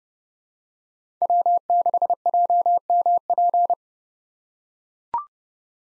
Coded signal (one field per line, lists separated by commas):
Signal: Morse code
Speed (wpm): 29 wpm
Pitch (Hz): 700 Hz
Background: none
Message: W6JMP